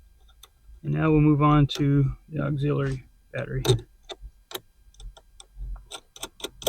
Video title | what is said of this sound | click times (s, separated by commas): 2021-2025 WL Jeep Grand Cherokee main battery replacement | We got the main negative that we can just slide down on the post. Make sure you hear the click. | 0.4 s